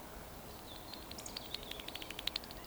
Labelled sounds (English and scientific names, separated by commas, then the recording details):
Eurasian Woodcock (Scolopax rusticola) whistle
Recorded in Baden-Württemberg, Germany, on 15 June 2020 at 20:01 UTC
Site 14569, 102 m above sea level